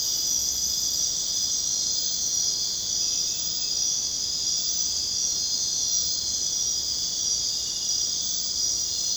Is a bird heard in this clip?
no